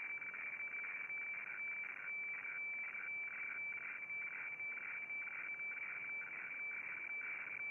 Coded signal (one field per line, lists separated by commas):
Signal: weather fax (radiofax)